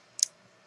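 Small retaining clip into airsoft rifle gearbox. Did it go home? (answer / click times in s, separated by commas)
yes / 0.2 s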